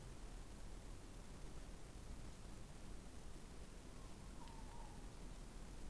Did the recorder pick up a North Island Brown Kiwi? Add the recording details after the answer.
no. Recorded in New Zealand on 20 November 2013. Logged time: 21:14. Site CG25